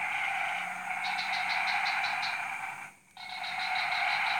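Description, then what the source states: Frogs in a continuous chorus with pulsed notes, briefly dropping almost silent for a moment before the calling resumes. Frog chorus recorded at 03:00 on Tuesday 14 February 2017, Jalan Kolonel Sugiono No. 9, Kuala Kapuas, Central Kalimantan, Indonesia.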